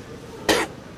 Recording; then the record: coughing mixed with background sound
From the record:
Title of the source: 61 morning phlegmy cough...again